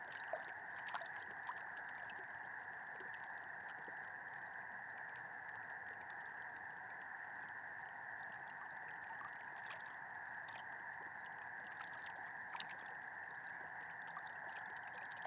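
Frogs and toads call in a dense, unbroken chorus from across a lake, their massed voices forming steady mid-pitched bands that never pause. Faint clicks and brief ticks scatter through the fifteen seconds, and the overall level stays even and distant.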